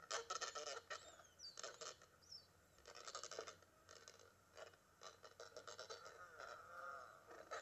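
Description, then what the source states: Adélie Penguin calls, repeated coarse braying bursts throughout, with brief higher squeaky notes mixed in. Antarctic penguin; its departure from the continent to begin life at sea marks 25 April.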